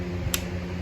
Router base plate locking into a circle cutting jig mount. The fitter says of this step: see if you can hear this there you go it locks in place